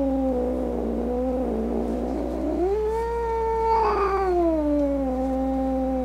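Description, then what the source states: Cat giving a sustained, wavering yowl that rises midway and slowly falls, continuous through the whole stretch. Angry cat.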